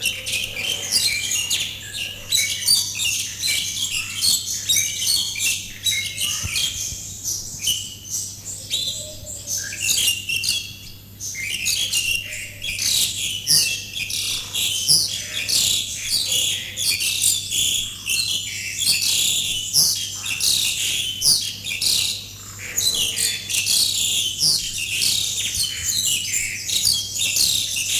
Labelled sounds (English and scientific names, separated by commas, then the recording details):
Pied Myna (Gracupica contra) song
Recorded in captivity
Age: adult
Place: Zoo Berlin, Berlin, DE
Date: 2005-08-23 12:22
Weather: rain, 17°C
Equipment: Panasonic RQ-2102, Sennheiser ME 80, Kopie Uher 4000 Report Monitor
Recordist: Tembrock, Günter